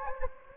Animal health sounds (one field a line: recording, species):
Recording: mosquito wingbeat signal from an infrared sensor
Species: Anopheles gambiae